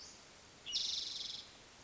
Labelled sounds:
Spotted Towhee
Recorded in Sonoma County, California

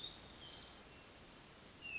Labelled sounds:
Hermit Thrush
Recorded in Sonoma County, California

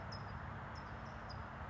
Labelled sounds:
California Towhee
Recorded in Sonoma County, California

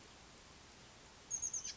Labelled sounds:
Oak Titmouse
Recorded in Sonoma County, California

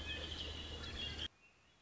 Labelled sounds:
Red-winged Blackbird
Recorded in Sonoma County, California

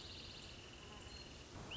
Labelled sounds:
Wrentit
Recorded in Sonoma County, California

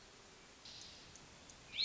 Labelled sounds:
Hermit Thrush
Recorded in Sonoma County, California

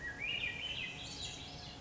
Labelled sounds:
Swainson's Thrush
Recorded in Sonoma County, California

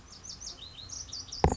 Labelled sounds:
Lazuli Bunting
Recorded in Sonoma County, California

